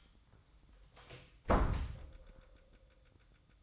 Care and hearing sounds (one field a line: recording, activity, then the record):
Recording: daily activity, microphone in the room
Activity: close door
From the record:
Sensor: 3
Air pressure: 1004.8 hPa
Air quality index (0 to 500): 77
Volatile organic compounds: 2 ppm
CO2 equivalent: 1162 ppm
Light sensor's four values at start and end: 8/19/8/7 and 8/19/8/7